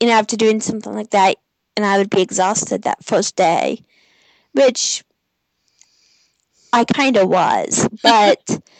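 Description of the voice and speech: An adult man who has stuttered since age 3 to 4 speaks in mostly fluent phrases, then stalls in a silent gap of nearly two seconds mid-sentence and draws out the sounds of "was". This fits stuttering, with a silent block and prolongations interrupting the flow of speech. He had other speech impediments in early childhood and received speech therapy through school.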